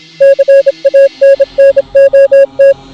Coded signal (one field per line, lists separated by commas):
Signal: Morse code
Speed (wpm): 26 wpm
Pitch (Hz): 550 Hz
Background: music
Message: CANNOT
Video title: EAS Scenario - Skibidi Toilet Invasion